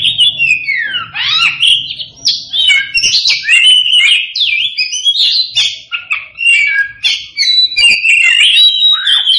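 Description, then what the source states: Oriental magpie-robin song, a continuous rich run of whistled, warbling phrases with rising and falling slurs and quick chattering notes, barely pausing. Kacer poci variety, singing profusely (gacor).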